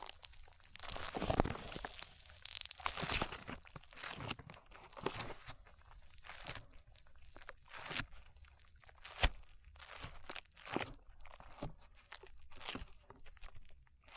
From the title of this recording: ASMR SLIME